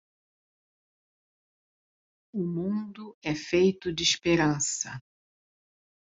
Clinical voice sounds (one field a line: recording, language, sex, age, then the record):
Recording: spoken sentence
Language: Brazilian Portuguese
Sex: female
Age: 50 to 59 years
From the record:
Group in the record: control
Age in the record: 52 years